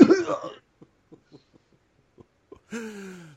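An adult's imitated coughing fit: a loud burst of coughs, then short faint bursts, then a long voiced sound at the end.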